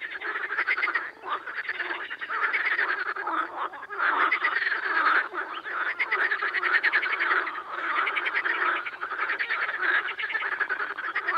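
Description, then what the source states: Amphibians: continuous frog chorus, many croaking calls blending into a steady rattling din. Amphibian ambience.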